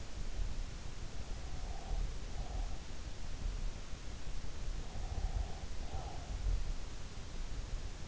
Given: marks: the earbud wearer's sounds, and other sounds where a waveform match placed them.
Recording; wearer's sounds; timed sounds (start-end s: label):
sounds in sleep by an in-ear microphone; breath
1.25-2.97 s: breath
4.71-6.36 s: breath